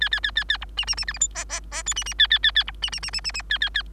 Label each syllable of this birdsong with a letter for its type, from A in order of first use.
A A A A A B C C C D E F G G G H C C A A A A B C C C C C C A A A